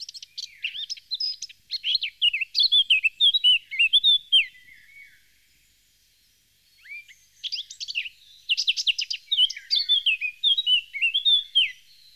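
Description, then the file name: Eurasian blackcap song in two long bursts of quick, varied warbling and rich fluty whistles, separated by a short silence; no other sounds stand out. "Jean C Roche - Fauvette a tete noire"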